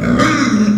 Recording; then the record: squeal of a Yucatan mini pig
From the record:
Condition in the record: after surgery on the right vocal fold (resection and tissue-engineered implant); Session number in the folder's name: 9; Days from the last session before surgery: 65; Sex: female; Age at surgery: 19 weeks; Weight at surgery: 25 kg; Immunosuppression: prednisolone